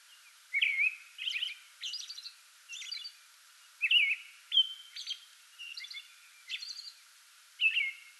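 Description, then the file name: American robin singing: short caroled whistled phrases mixed with thin high squeaky notes, in a steady series against faint background hiss. Pre-dawn song bout, recorded 8 May 2022. "2022-05-08 American Robin pre-dawn song bout"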